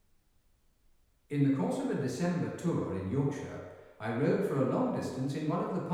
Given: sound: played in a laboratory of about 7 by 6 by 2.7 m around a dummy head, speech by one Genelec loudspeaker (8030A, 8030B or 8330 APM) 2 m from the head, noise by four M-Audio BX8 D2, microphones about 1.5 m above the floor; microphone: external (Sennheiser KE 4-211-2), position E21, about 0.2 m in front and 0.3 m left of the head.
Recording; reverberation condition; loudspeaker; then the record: male speech in English; high; behind (180 degrees)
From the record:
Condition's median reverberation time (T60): about 1300 ms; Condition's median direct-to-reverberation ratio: about -4.0 dB